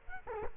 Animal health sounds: mosquito wingbeat signal from an infrared sensor; Culex quinquefasciatus

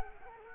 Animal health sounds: mosquito wingbeat signal from an infrared sensor; Culex quinquefasciatus

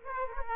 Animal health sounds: mosquito wingbeat signal from an infrared sensor; Aedes aegypti

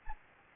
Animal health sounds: mosquito wingbeat signal from an infrared sensor; Anopheles gambiae

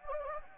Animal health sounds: mosquito wingbeat signal from an infrared sensor; Anopheles gambiae

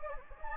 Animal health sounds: mosquito wingbeat signal from an infrared sensor; Anopheles gambiae

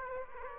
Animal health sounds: mosquito wingbeat signal from an infrared sensor; Aedes aegypti

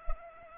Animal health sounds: mosquito wingbeat signal from an infrared sensor; Culex pipiens

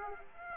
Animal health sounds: mosquito wingbeat signal from an infrared sensor; Aedes aegypti

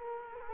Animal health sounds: mosquito wingbeat signal from an infrared sensor; Culex quinquefasciatus

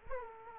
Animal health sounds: mosquito wingbeat signal from an infrared sensor; Aedes aegypti

